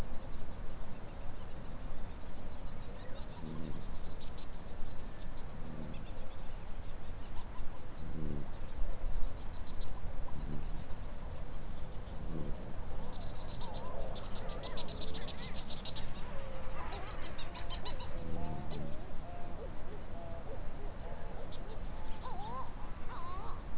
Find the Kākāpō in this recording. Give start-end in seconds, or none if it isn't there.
none